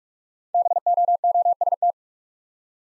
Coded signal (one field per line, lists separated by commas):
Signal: Morse code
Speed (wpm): 44 wpm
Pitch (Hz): 700 Hz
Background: none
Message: BOOST